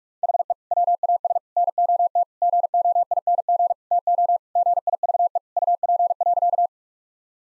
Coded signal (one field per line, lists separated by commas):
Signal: Morse code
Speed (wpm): 42 wpm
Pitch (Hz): 700 Hz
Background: none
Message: HE WAS NOT GOING TO GIVE UP.